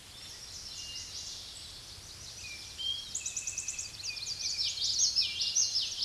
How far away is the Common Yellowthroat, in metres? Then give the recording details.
about 20 m. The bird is about 15 m above the microphone. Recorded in a Pennsylvania forest on 16 May 2024 at 06:37. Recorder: AudioMoth, point MSD-1342. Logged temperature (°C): 15.5 °C. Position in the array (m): 239 m, 175 m